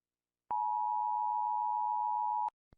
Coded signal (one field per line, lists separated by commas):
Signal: Emergency Alert System (SAME) tones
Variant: 853 and 960 Hz attention tone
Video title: Rating EAS alarms by how scary they are#easalert #alarm